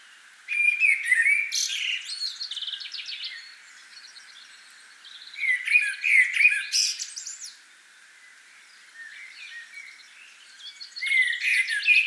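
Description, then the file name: Common blackbird song: three bursts of mellow warbled notes and high, squeaky twittering, with quiet pauses between. "Turdus merula"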